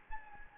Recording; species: mosquito wingbeat signal from an infrared sensor; Anopheles gambiae